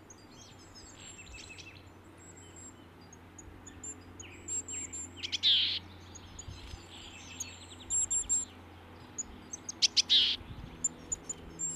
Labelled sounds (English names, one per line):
Willow Tit aggressive call